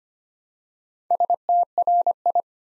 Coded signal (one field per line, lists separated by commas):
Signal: Morse code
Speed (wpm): 25 wpm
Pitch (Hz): 700 Hz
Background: none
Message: STRI